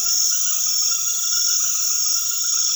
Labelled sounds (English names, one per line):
none